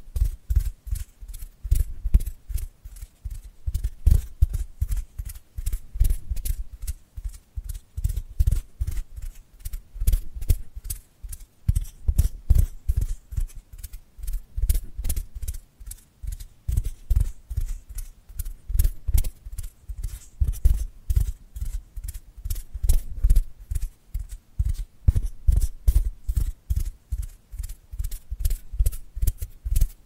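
Dry hands rub and brush together in quick, regular strokes that never stop for the full half minute. Each stroke is a short crisp swish with a soft low thump beneath it, repeating several times a second in bursts that swell and ease slightly.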